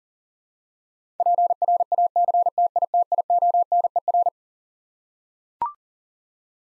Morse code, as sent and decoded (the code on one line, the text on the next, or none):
.--. .-. .- -.-. - .. - .. --- -. . .-.
PRACTITIONER